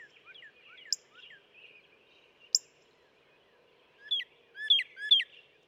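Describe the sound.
Northern cardinal whistling loud, sweeping slurred notes in a short series near the end, after quieter scattered chirps and two sharp high ticks.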